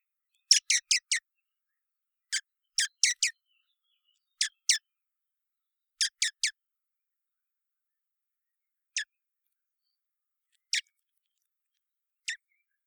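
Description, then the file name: Common blackbird calling in quick clicking bursts of sharp chinks, then slowing to single spaced notes toward the end. "Turdus merula"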